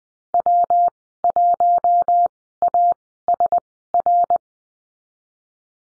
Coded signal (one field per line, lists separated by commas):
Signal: Morse code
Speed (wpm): 20 wpm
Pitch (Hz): 700 Hz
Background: none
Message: W1ASR